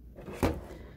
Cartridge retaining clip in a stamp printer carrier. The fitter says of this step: place it in and then just close this clip until it's completely seated